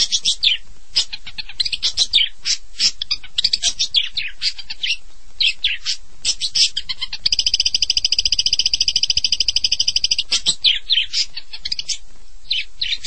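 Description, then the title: Long-tailed shrike song: dense scratchy chatter and varied high notes, broken midway by a steady, fast, buzzing rattle lasting about three seconds. "Kicau Burung Pentet"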